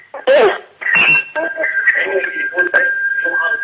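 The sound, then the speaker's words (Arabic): A television plays in the background over a phone line, its voices thin and tinny, with a faint steady tone humming underneath the continuous chatter. “اسمعيني من التليفون، بلاش التلفزيون خالص، وطي التلفزيون.”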